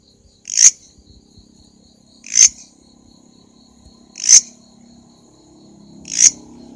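Four sharp, buzzy grasshopper chirps at steady intervals near two seconds, a soft low rumble and a thin high whine in the background.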